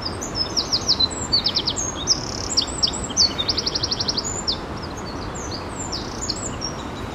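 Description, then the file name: Eurasian wren song: a loud, rapid burst of high, sharp notes and fast buzzy trills tumbling for about four seconds, then fading into scattered high chips over steady background hiss. "Troglodytes troglodytes"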